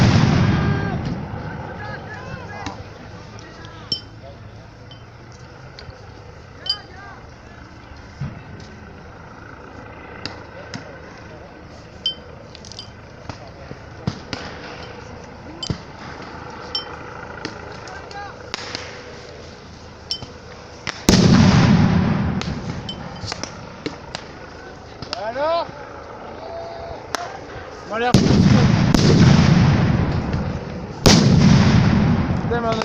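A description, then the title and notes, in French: Clashes with riot police, with grenades used: a steady low rumble of crowd noise and voices under frequent sharp cracks and bangs scattered throughout. Loud blasts hit around 21 seconds and again near 28 and 31 seconds, followed by heavier roaring and shouting. Grenades utilisées à la ZAD de Notre Dame des Landes. Courte vidéo prise à la ZAD. Lors des affrontements avec les gendarmes mobiles.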